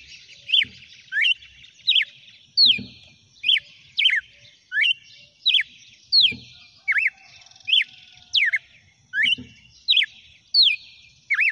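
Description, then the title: Red-cowled cardinal singing a steady series of bright, slurred whistled notes, about 85 per minute, over soft twittering and occasional dull knocks. Female red-cowled cardinal singing the song style called "açoite". "Canto Galo Campina Fêmea. GALO DE CAMPINA NO CANTO AÇOITE"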